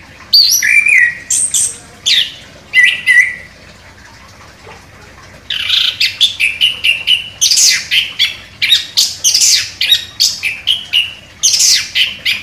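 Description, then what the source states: Orange-headed thrush singing high, varied whistled phrases and chirps, then a long pause, then a fast series of short, sharp repeated notes. Indonesian title describes the bird as gacor, singing vigorously.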